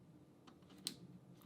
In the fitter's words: you heard that click so that is now in place